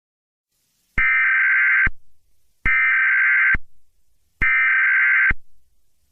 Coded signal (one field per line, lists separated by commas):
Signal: Emergency Alert System (SAME) tones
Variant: header bursts